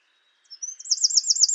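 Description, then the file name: Eurasian wren giving a short fragment of song: a thin rising note followed by a fast, high rolling trill that is cut off. "Troglodytes troglodytes"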